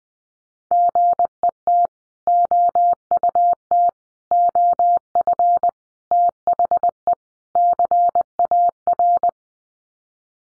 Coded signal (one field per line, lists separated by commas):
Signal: Morse code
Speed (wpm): 20 wpm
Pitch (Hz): 700 Hz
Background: none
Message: GET OUT OF THE CAR